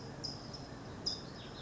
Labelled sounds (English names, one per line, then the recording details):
California Towhee
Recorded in Sonoma County, California